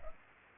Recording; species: mosquito wingbeat signal from an infrared sensor; Culex pipiens